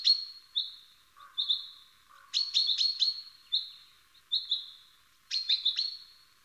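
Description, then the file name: Common chaffinch calling with clear, even high notes, some single and some in quick bursts, spaced about a second apart. "Fringilla coelebs"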